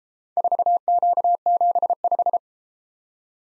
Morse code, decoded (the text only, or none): 4Q75